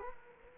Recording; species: mosquito wingbeat signal from an infrared sensor; Culex quinquefasciatus